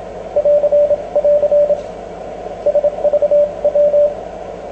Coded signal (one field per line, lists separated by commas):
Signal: Morse code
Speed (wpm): 27 wpm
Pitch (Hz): 590 Hz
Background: radio noise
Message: <AR> <AR> SVW